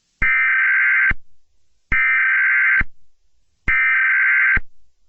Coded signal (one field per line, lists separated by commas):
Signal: Emergency Alert System (SAME) tones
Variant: header bursts